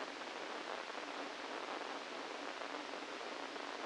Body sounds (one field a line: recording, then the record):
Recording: brain microelectrode recording played as sound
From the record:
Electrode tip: inside the subthalamic nucleus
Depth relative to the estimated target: 0 mm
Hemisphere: left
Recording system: NeuroSet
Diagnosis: Parkinson's disease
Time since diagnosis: 17 years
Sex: male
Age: 64 years